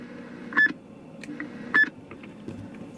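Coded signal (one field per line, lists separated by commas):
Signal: roger beep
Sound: two short mid-pitched beeps, each framed by keying clicks, over low hum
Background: low hum, room noise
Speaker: see that's not too annoying of a beep CU it's shorter and it's a little deeper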